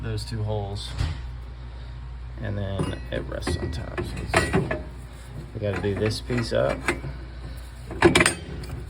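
A metal internal piece of an Enviro M 55 pellet stove insert is handled inside the firebox, with two tabs on the back meant to go into two holes before the piece rests on top and locks down. Someone talks over creaking, scraping metal handling sounds, with a brief sharp knock near 8.6 s. Nothing has seated or locked into place yet.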